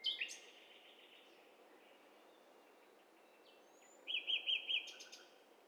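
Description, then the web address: Bird calls: a few high notes at the start, then a quick burst of clipped chirps near the end, against constant background hiss. Mixture of several birds calling together, in stereo. "Hi Fi STEREO BIRD COCKTAIL PARTY"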